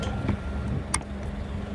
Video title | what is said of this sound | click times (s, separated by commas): 2019 Suzuki Carry Fridge Truck Walk Around | just clicks into place | 0.9 s